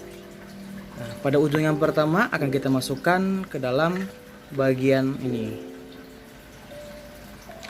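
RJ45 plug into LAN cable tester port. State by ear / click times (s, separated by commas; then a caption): seated / 7.6 s. The first end of a freshly made crossover network cable, fitted with an RJ45 plug, is pushed into the port of a LAN cable tester while someone talks. A short click at 7.7 seconds marks the plug seating in the port.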